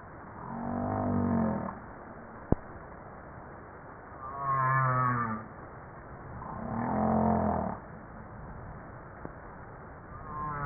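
Humpback whale calls: three rich harmonic moans, each swelling and fading, with two sharp clicks.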